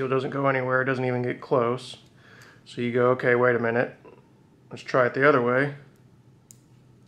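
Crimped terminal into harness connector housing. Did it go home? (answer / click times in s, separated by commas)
yes / 6.5 s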